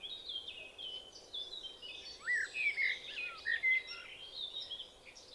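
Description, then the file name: Common blackbird song, soft and jumbled: whistled notes and slurred squeaky twitters running together over low background hiss. "Turdus merula"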